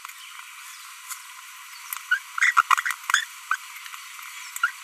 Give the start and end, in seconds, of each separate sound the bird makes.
2.11-2.17, 2.38-2.51, 2.57-2.62, 2.86-2.94, 3.51-3.56, 4.63-4.69